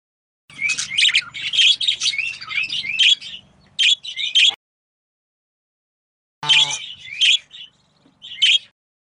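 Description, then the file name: Budgerigar chattering in quick scratchy chirps and warbles, a pause of about two seconds, then a few more chirps. Female budgerigar. "suara parkit betina. omkicau"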